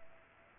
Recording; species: mosquito wingbeat signal from an infrared sensor; Culex pipiens